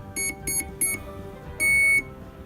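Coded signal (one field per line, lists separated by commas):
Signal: beep code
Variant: RC electronic speed controller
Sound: three short high beeps, then one longer beep at the same pitch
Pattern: 3 short, 1 long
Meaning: The ESC detected a 3-cell battery, and the long beep shows low-voltage cutout is active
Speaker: when i connect you to solve a tree which have connected this you'll get three beeps one-two-three and the long people indicate that you're a low voltage cutout is active so if you listen carefully that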